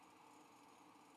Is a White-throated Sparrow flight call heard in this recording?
no